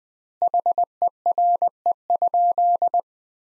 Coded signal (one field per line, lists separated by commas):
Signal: Morse code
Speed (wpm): 20 wpm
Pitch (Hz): 700 Hz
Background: none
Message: HERE?